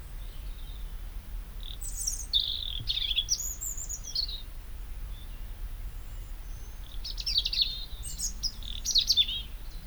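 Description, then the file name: European robin song in short bursts of high, twittering phrases with pauses between them, over a background hiss and a brief low hum. "Erithacus rubecula"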